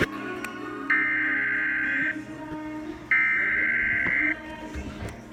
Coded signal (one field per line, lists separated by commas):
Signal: Emergency Alert System (SAME) tones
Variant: header bursts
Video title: Flash Flood Warning EAS #114